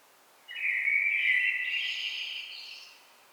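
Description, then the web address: Common blackbird delivering a single rich warbled phrase, starting with low fluted whistles and fading into a thinner, higher twitter. "SETE data Turdus merula"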